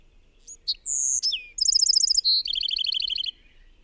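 Bird song in one rich phrase: sharp chirps, a long high whistle, then rapid trills that drop in steps to a lower rattling series.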